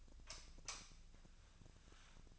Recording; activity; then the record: daily activity, microphone in the room; light off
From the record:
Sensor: 2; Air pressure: 1009.7 hPa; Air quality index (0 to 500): 181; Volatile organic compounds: 10 ppm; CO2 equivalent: 2260 ppm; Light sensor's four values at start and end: 31/81/34/36 and 26/63/27/30